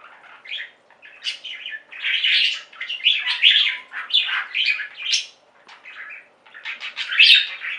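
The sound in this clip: Budgerigar chatter with grating, buzzy warbles and short squawks, coming in uneven bursts separated by brief quiet gaps.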